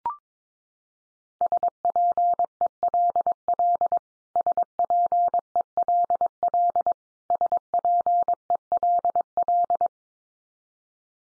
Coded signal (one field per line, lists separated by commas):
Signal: Morse code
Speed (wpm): 22 wpm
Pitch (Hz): 700 Hz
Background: none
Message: SPELL SPELL SPELL